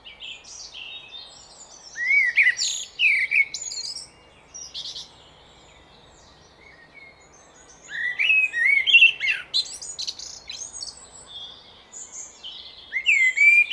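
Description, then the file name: Common blackbird song in a few bursts of fluted whistles and high squeaky flourishes, with a long near-silent gap after the first. "Turdus merula"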